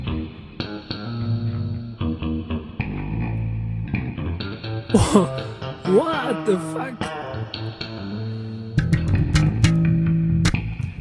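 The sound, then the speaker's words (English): Low, plucked bass guitar notes ring out with long, washy reverb tails, played in a loose series of hits, with a brief exclaimed voice cutting in midway before the bass resumes louder. “You have a reverb on your bass.”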